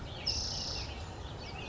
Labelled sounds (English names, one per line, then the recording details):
Spotted Towhee
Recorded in Sonoma County, California